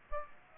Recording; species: mosquito wingbeat signal from an infrared sensor; Aedes aegypti